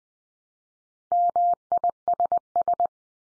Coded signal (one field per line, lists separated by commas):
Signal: Morse code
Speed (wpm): 20 wpm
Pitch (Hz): 700 Hz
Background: none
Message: MISS